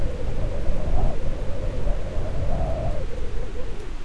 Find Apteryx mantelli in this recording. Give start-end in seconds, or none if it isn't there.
none